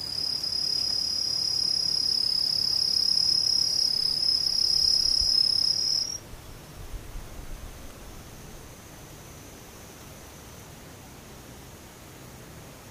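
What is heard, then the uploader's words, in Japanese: Insects buzz in the daytime, a steady high, bright trill that holds evenly for the first six seconds, then stops abruptly. After that only a soft, quieter hiss of background noise remains, with a faint thinner high tone lingering to the end. ムシ昼。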